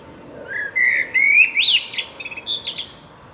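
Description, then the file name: Common blackbird song phrase: deep rich flute-like whistles climbing in pitch, then a high thin twittered tail. "Turdus merula"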